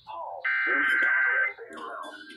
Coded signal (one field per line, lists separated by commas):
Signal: Emergency Alert System (SAME) tones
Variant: header bursts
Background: speech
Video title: SVR GALORE 3: MAYHEM IN THE MISSOULA VALLEY... EAS Alerts from 7/21/21 (EAS #601-631)